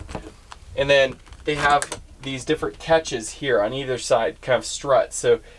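Pressing the small gray button on a plastic window latch on the window frame of a truck camper lets the latch flip open, with two short clicks at 0.2 s and 0.5 s. Someone then talks over the rest of the clip. The latch is released open.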